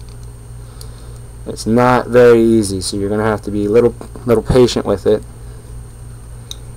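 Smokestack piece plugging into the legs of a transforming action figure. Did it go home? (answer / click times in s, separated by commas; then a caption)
partly / 6.5 s. A plastic smokestack piece is pushed into the legs of a transforming action figure while someone talks. A sharp tick at 6.5 s marks one side plugging in, but the part is not yet fully seated.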